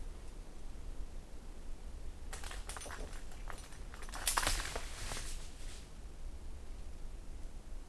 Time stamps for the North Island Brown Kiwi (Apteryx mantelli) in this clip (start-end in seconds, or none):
none